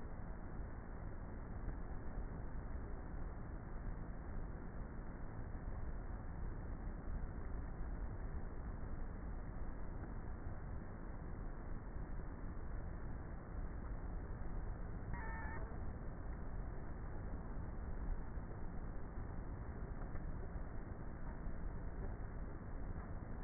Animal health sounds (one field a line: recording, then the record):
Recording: honeybee colony, microphone inside the hive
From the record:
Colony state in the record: queenless with a low population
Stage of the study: before two queens were removed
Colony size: about 30,000 bees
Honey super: no